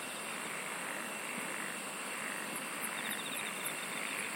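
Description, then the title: Steady insect chorus with short, high pulsed chirps appearing near the end over the constant hum. "SINGING OF INSECTS"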